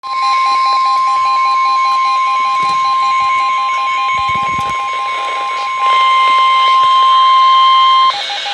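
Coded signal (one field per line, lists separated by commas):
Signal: Emergency Alert System (SAME) tones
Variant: 1050 Hz attention tone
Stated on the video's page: Flash Flood Emergency for Wilmore Dam, Cambria County, from NOAA weather radio transmitter WXL52 Clearfield.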